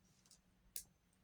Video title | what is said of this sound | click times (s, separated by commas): I build Lego 30710 Skid-Steer Loader, and you watch | that was a satisfying click right there. | 0.8 s